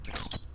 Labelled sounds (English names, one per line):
Stitchbird song